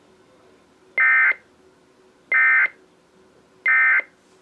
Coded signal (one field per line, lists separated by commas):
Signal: Emergency Alert System (SAME) tones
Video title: TFT EAS 911I In Action!